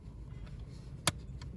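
An installer pushes the rear camera cable's male jack plug into its mating female socket on the harness behind an Android multimedia screen being fitted to a 2021 Dacia Duster. Over a low, steady background rumble, a sharp click sounds at 1.1 s, followed by a much fainter tick at 1.4 s. The jack is confirmed seated.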